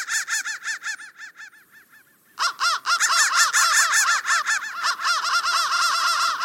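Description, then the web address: Crow giving rapid harsh caws that fade to a brief lull, then a loud, dense burst of overlapping caws that continues without a break. "soundfactory crow 1"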